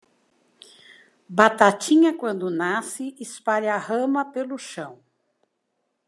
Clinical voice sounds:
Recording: short text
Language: Brazilian Portuguese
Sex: female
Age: 60 to 69 years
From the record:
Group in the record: control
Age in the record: 60 years

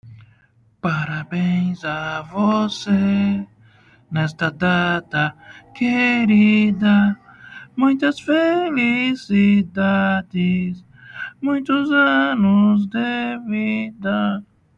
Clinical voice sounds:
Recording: short text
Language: Brazilian Portuguese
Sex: male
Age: 50 to 59 years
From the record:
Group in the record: control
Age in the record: 58 years

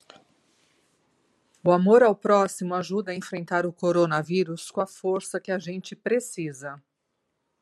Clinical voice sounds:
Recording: spoken sentence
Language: Brazilian Portuguese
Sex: female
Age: 50 to 59 years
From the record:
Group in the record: control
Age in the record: 52 years

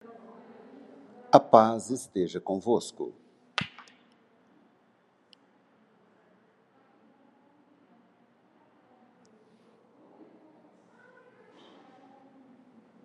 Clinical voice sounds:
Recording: spoken sentence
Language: Brazilian Portuguese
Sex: male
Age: 60 to 69 years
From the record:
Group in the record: control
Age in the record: 63 years

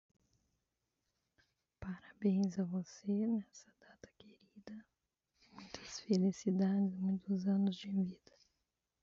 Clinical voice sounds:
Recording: short text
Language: Brazilian Portuguese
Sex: female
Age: 30 to 39 years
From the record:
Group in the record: control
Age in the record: 31 years

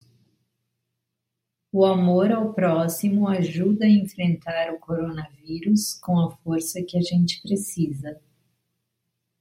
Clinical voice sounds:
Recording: spoken sentence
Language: Brazilian Portuguese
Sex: female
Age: 50 to 59 years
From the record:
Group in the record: control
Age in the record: 54 years

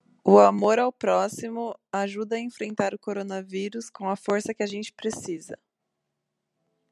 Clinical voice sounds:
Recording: spoken sentence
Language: Brazilian Portuguese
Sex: female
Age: 20 to 29 years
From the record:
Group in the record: control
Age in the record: 23 years

